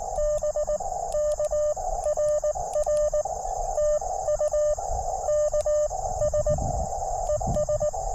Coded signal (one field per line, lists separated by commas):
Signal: Morse code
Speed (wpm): 18 wpm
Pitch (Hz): 600 Hz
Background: radio noise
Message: BK RR TU KS ES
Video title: K2EJT CW POTA at Mercereau Park? That's not a POTA park.....